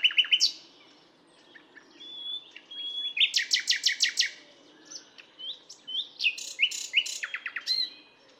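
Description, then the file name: Common nightingale singing: sharp chirps and a thin held whistle, then a fast run of loud repeated notes, followed by further varied phrases. "Luscinia megarhynchos"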